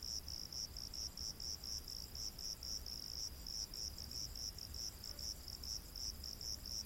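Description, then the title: Cricket chirping in a steady high-pitched pulsing band, rapid repeated chirps throughout with faint low rumble beneath. Crickets in a rainforest at night. "Crickets of the Rainforest 🌿. Exotic Insect Orchestra"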